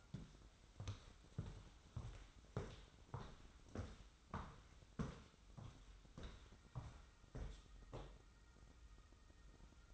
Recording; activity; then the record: daily activity, microphone in the room; walk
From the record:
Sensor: 3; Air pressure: 994.3 hPa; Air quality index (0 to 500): 200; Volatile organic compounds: 1000 ppm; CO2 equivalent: 6646 ppm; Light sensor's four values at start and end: 106/250/102/95 and 113/265/109/101